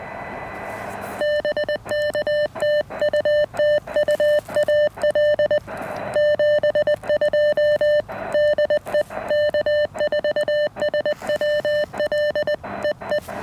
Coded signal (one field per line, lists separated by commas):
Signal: Morse code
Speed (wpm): 20 wpm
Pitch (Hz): 600 Hz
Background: none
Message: BK TU TU AL 72 DE K4SWL EE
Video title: 28° of Activation: Radio-Active Therapy with the Elecraft KX1!